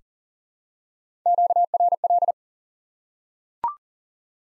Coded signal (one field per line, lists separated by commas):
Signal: Morse code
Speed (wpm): 40 wpm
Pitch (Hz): 700 Hz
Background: none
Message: QRL